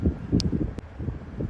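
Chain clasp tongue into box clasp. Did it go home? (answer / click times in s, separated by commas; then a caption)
yes / 0.4 s. The tongue of an iced moissanite 12mm Miami Cuban link prong chain necklace is pushed into its box clasp for a third time, and the clasp snaps shut with a sharp, bright click at 0.4 s. A fainter tick follows at about 0.8 s over low rustling background noise. The chain is seated, with a solid, secure-sounding snap.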